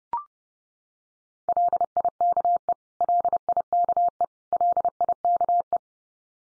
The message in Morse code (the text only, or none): LIKE LIKE LIKE